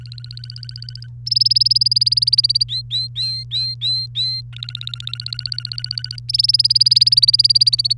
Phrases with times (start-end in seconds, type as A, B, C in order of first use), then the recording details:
0.00-1.06 A, 1.26-2.63 B, 2.69-4.41 C, 4.53-6.19 A, 6.29-7.93 B. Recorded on 3 May 2018 at 06:28. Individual llb3